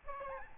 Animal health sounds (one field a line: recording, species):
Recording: mosquito wingbeat signal from an infrared sensor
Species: Aedes albopictus